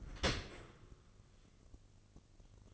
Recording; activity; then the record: daily activity, microphone in the room; open dishwasher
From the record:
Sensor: 4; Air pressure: 1013.2 hPa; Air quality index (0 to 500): 176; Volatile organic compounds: 2 ppm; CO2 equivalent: 1107 ppm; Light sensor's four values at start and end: 72/178/73/74 and 67/168/69/71